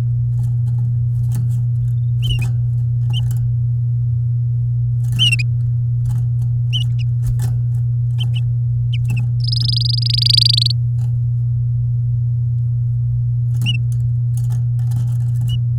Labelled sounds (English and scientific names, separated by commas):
Domestic Canary (Serinus canaria) song